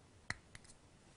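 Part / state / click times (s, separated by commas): tank cartridge into the top of an e-cigarette atomizer / seated / 0.3 s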